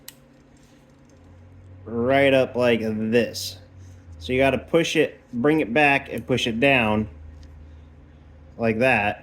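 A wiring connector is pushed onto an EVAP purge solenoid until its locking tab engages, part of a P0456 check engine code fix. A sharp click at 0.1 s marks it locking into place, and the connector is seated. Someone then talks for the rest of the clip, with only faint small sounds between the words.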